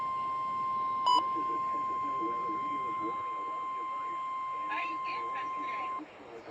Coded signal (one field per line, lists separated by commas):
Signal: Emergency Alert System (SAME) tones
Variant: 1050 Hz attention tone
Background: speech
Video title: The Top 10 Most Favorite EAS Captures for 2018